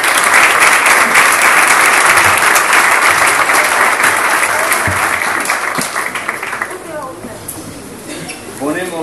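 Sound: audience applause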